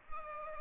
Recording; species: mosquito wingbeat signal from an infrared sensor; Culex pipiens